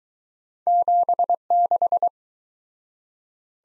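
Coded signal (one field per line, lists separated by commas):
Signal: Morse code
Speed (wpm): 23 wpm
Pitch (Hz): 700 Hz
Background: none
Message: 76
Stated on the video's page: Two letter-number combination drill in Speed-Racing format, starting fast and slowing to a 17wpm base; fastest speed is 1.5 times slowest, final repeat sent once at maximum speed.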